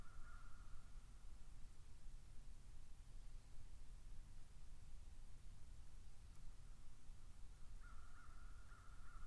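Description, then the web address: Cuban ivory-billed woodpecker giving a nasal toot at the opening and another near the end, over low rumbling background noise. "sound cuban-ivory-billed-woodpecker. دانلود-صدای-دارکوب-نوک-عاجی"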